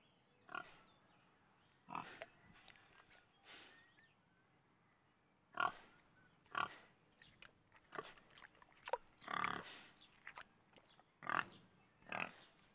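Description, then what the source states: Quiet pig snuffling and low grunts are scattered irregularly, with a few sharper snorts among them. Hog grunting and sniffing.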